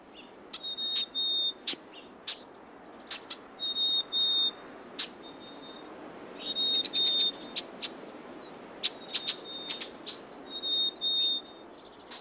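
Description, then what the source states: Black-capped Chickadee whistled song: clear high notes in short repeated phrases, mixed with sharp clicks and chips over steady background hiss. Isolated island population on Martha's Vineyard, Massachusetts, singing a reversed 'Sweetie Hey' version of the song.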